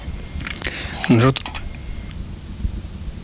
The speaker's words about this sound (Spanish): Hemos bebido unos tragos de agua y este se ha ido por otro acueducto.